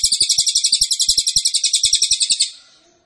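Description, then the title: Cililin song: a rapid, high, metallic trill of regularly repeated notes for about two and a half seconds, then fading out. Cililin song, used to teach songbirds. "Cililin AMPUH. Masteran Burung cililin masteran sang juara"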